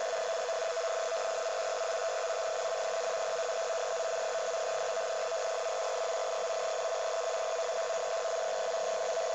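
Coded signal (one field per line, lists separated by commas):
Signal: NAVTEX (SITOR-B)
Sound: fast steady two-tone warble, like rapid chirping, running throughout with hiss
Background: radio static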